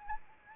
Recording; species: mosquito wingbeat signal from an infrared sensor; Anopheles arabiensis